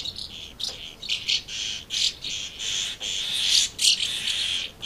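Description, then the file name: Swallows twittering in a rapid, dense stream of high chirps and buzzy notes, several birds overlapping almost without pause. Recorded at Amblagnieu on 2 July 2017 with an MZ-N710 recorder. "MZ-N 710 Hirondelles Amblagnieu 2 07 17"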